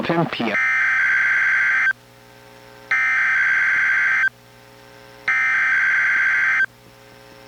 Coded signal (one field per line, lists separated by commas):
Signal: Emergency Alert System (SAME) tones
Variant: header bursts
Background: speech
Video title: EAS #1053: NWR Required Weekly Test- Feb. 5, 2025- 11:10AM PST